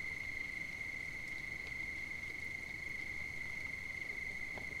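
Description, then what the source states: Crickets chirping in a continuous high, steady trill, with faint ticks and a low background rumble throughout. At night on 5 September 2009.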